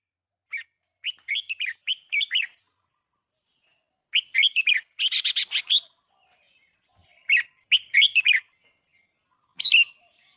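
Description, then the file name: Red-whiskered bulbul singing short, lively phrases of bright chirped and warbled notes, one phrase ending in a harsher buzzy run, separated by brief silences. Thai red-whiskered bulbul; song style called giọng kép (double voice). "tieng chao mao thai lan hot giong kep"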